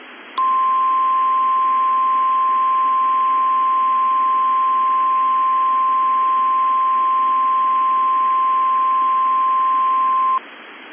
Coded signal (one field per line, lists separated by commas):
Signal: Emergency Alert System (SAME) tones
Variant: 1050 Hz attention tone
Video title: "NUCLEAR WINTER 2" [WINTER/NUCLEAR EAS SCENARIO]